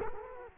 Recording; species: mosquito wingbeat signal from an infrared sensor; Culex quinquefasciatus